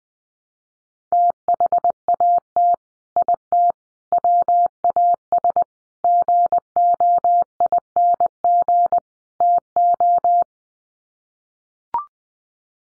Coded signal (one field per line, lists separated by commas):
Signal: Morse code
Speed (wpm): 20 wpm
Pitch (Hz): 700 Hz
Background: none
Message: THAT IT WAS GOING TO